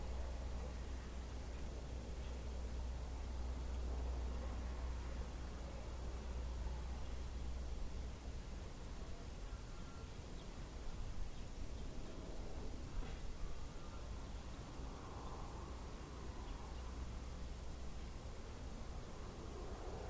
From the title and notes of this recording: On today's episode we enjoy a binaural recording of winds in a small Mid West town.